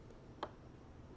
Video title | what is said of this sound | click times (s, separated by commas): 2 Fast Fixes Every 986 Boxster Owner Should Know (Easy DIY) | In there. It's locked into place, and we're done. | 0.4 s